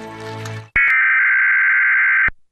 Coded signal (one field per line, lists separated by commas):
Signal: Emergency Alert System (SAME) tones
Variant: header bursts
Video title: Idea/Onics EAS Test Remake